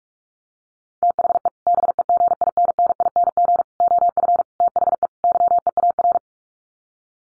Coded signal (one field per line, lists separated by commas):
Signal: Morse code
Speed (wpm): 44 wpm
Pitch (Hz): 700 Hz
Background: none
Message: THE BEGINNING OF THE YEAR